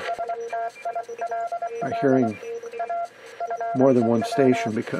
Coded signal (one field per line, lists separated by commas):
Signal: Morse code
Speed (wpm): 23 wpm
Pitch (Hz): 690 Hz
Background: speech, radio noise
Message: STILL A FEW